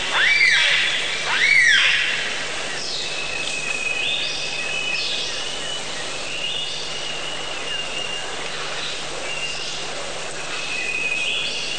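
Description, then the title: Bird calls: two loud arched, harmonic notes rising then falling early on, followed by fainter thin whistles and soft calls over a steady background hiss. Many different bird sounds. "Bird Sound Effects पक्षी लगता है"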